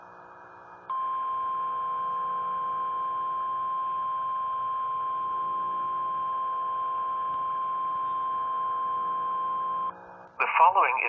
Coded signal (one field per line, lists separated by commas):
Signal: Emergency Alert System (SAME) tones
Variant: 1050 Hz attention tone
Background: speech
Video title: NOAA EAS TORNADO WATCH 4/20/23